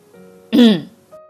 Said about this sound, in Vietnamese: Một hồi sau đó ho khan, liếc nhìn thằng Lâm.